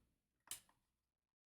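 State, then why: Not seated. A slanted plastic waist piece from a Fanhome 1:3 scale Robocop model figure is pushed all the way home into the back of the figure's waist, where it was expected to snap in. A single sharp knock at about 0.5 s is heard, followed by a faint tail, but nothing has clicked or snapped into place. The panel only pushes in firmly, leaving the back of the waist not seamless but looking a little better.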